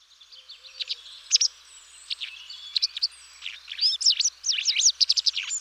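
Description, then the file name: White wagtail calling: scattered thin chirps at first, then a rapid run of sharp, high twittering notes near the end. "motacilla alba"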